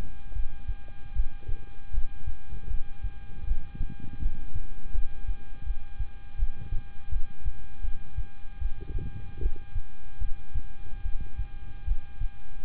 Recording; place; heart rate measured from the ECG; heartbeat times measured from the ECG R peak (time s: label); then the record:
heart sounds by stethoscope; between the tricuspid and mitral areas; 78 bpm
0.33 s: heartbeat
1.13 s: heartbeat
1.91 s: heartbeat
2.67 s: heartbeat
3.44 s: heartbeat
4.19 s: heartbeat
4.92 s: heartbeat
5.64 s: heartbeat
6.36 s: heartbeat
7.09 s: heartbeat
7.81 s: heartbeat
8.59 s: heartbeat
9.39 s: heartbeat
10.18 s: heartbeat
11.02 s: heartbeat
11.84 s: heartbeat
12.63 s: heartbeat
From the record:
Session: rest, lying down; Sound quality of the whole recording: good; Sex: male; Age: 26 years